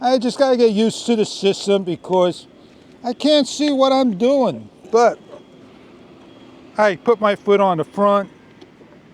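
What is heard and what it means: A man talks while handling an EC6 electric scooter with a 350W motor, placing his foot on the front of the deck as he works its stem folding latch toward the frame. The latch is made hard to close so that it locks in. Nothing has seated or clicked yet.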